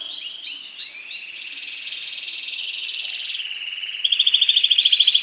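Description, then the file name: Canary song opening with rising slurred whistles, flowing into a smooth trill and ending with a fast, metallic rattle. Song of a Spanish breed canary. "canto do canario raca espanhola"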